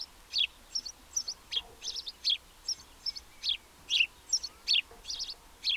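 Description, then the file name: House sparrow giving quick repeated chirps, two to three each second, bright and slightly varied in pitch, over a faint background hiss. "Passer domesticus"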